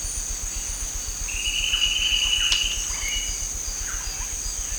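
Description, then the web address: Bird giving one long even trill, followed by a few soft descending notes, with a continuous shrill insect chorus behind. "BIRD 2015 SABIOD 50 bird 2015"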